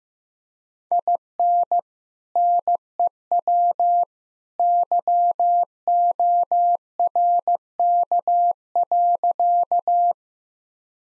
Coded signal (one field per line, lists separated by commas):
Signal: Morse code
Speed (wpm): 15 wpm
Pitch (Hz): 700 Hz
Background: none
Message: IN NEW YORK.